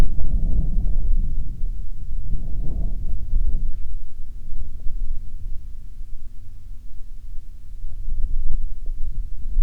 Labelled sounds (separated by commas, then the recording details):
aircraft
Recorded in the Prudhoe Bay oil fields, Alaska, on 11 July 2019 at 09:43
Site 11